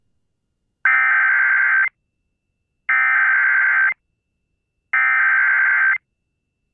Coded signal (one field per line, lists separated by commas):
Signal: Emergency Alert System (SAME) tones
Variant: header bursts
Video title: WBAP Activates the AMBER Alert Network (With EAS/Edis Siren) Dallas, Texas